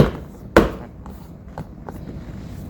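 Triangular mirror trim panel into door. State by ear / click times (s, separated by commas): seated / 0.6 s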